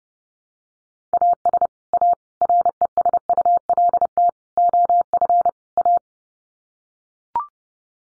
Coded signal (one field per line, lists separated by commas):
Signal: Morse code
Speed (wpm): 30 wpm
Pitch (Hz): 700 Hz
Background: none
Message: AS A RESULT OF A